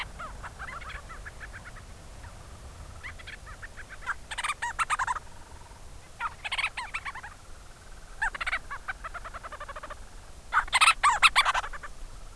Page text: In South Bay San Francisco, California, a Forster’s Tern (Sterna forsteri) flies overhead and lets out a call to its colony below. This “advertisement call” is almost the bird’s way of saying “hello” to the colony on the island.